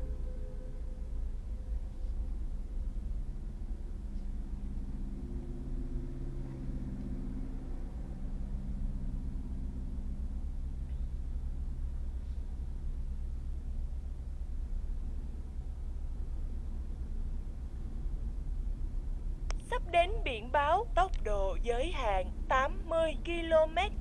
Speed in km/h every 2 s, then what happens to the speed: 9, 9, 9, 8, 7, 7, 7, 7, 8, 10, 13, 14.
0-15 steady at about 7. 15-24 speeds up to 14.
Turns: none.